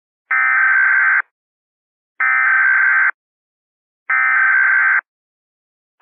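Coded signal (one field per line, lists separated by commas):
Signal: Emergency Alert System (SAME) tones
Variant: header bursts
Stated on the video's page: Fictional EAS scenario, simulated tones, not a real alert.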